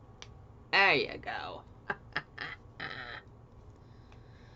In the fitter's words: I did it on this one in here you got to hear that click there